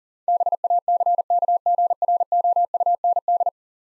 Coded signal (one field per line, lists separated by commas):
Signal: Morse code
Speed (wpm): 40 wpm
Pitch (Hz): 700 Hz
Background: none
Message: BACKGROUND